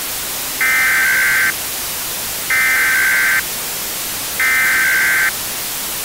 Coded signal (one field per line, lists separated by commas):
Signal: Emergency Alert System (SAME) tones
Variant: header bursts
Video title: EAS Scenario – COVID-21